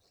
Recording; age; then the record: pig call; piglet (1 to 25 days)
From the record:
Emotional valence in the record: positive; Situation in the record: short reunion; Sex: male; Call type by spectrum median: high-frequency call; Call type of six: low-frequency tonal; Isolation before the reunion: 3 minutes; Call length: 0.11 s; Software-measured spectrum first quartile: 501 Hz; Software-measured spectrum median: 3366 Hz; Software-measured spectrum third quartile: 5648 Hz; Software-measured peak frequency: 4307 Hz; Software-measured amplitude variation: 68 dB a second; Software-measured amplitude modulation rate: 18.3 a second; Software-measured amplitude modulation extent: 3.7 dB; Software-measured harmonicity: 2.6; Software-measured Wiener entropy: -1.56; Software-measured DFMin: 720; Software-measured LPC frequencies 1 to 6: 593, 2448, 4317, 5217, 6919, 7844 Hz